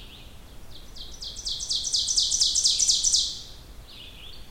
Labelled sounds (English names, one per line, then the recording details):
Ovenbird song
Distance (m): 20 m
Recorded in boreal forest in Alberta, Canada, on 16 June 2016 at 06:01
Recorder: SongMeter 3, array SBT-3-32
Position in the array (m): 89 m, 23 m
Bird 36